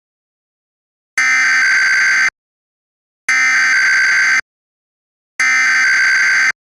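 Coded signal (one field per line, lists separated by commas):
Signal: Emergency Alert System (SAME) tones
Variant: header bursts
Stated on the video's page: Simulated EAS scenario for a West Coast earthquake.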